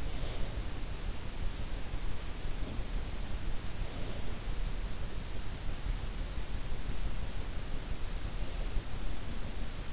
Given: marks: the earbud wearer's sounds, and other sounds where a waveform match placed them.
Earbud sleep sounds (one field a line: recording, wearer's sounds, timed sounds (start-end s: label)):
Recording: sounds in sleep by an in-ear microphone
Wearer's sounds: breath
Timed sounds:
0.00-0.69 s: breath